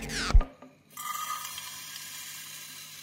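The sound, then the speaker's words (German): Feeding noises of grain weevil larvae, picked up by a very sensitive microphone and amplified about 1000 times: after a brief loud thump and a moment of quiet, a steady, faint crackling and ticking over a low electronic hiss. “kann die Fraßgeräusche von Kornkäferlarven mit einem sehr empfindlichen Mikrofon etwa 1000-fach verstärken”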